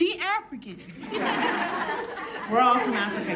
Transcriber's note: laughter